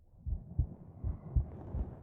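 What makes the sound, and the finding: Heart, microphone against chest. Normal heart sounds.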